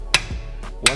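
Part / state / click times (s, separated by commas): wheel stud into wheel hub, tightened with a click-type torque wrench / torque reached / 0.1 s, 0.9 s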